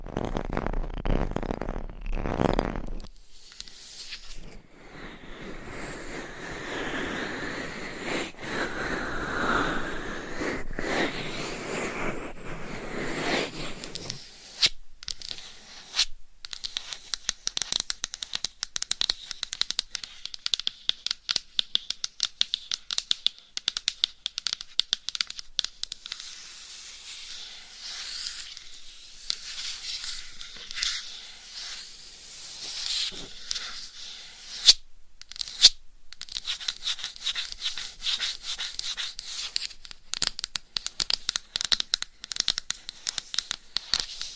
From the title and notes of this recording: ASMR Binaural Mic Scratching , Massage & Tapping Hypnotic Asmr No Talking.